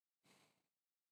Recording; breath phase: one breath near a microphone; exhalation